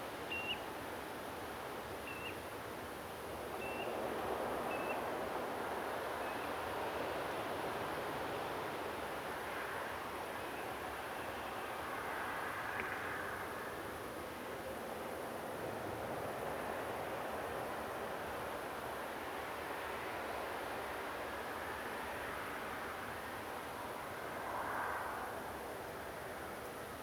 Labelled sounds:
Common Ringed Plover

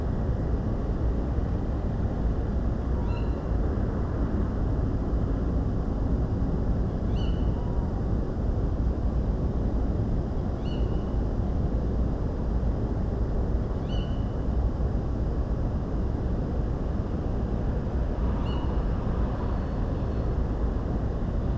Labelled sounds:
Tawny Owl

